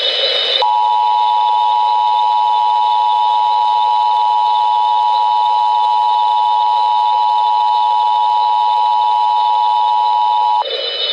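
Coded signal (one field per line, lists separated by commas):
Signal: Emergency Alert System (SAME) tones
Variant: 853 and 960 Hz attention tone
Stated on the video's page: Fictional EAS alert scenario, not a real broadcast.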